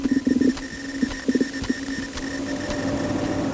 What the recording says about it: I have a stethoscope sort of cling filmed to my stomach. Me digesting my lunch. The sound of my stomach.